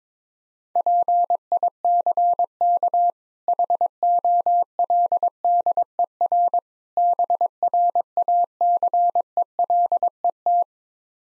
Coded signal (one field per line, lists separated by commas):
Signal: Morse code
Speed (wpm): 22 wpm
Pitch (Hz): 700 Hz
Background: none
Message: PICK HOLDER BRACELET